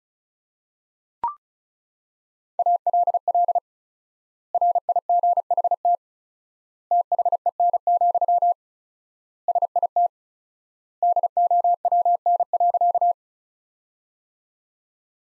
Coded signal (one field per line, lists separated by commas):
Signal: Morse code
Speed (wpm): 36 wpm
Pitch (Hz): 700 Hz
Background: none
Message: ALL RIGHT THEN, SIT DOWN.